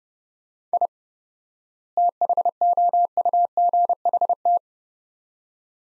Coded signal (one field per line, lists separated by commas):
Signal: Morse code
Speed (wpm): 30 wpm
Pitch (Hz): 700 Hz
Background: none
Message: I THOUGHT